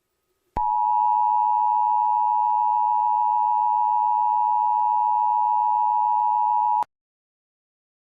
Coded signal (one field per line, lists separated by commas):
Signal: Emergency Alert System (SAME) tones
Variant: 853 and 960 Hz attention tone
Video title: EAS Scenario #4 - Ghost Bomb (Read description)